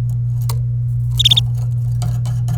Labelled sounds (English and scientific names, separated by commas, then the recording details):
Domestic Canary (Serinus canaria) song
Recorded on 27 April 2018 at 09:24
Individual llb3